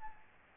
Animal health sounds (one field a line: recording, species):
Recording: mosquito wingbeat signal from an infrared sensor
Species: Aedes albopictus